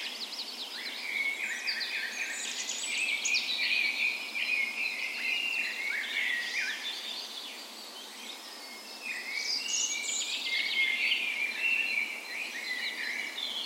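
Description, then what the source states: Dawn chorus of many birds, dense overlapping whistles, trills and warbled phrases running continuously, with a bright burst of song around three seconds and another after ten seconds. Dawn chorus in a park west in Bergen, Norway, on the spring morning of 17 May, Norway's National Day; recorded with a Sony PCM A10 and LOM micro Usi mics as 'tree ears'.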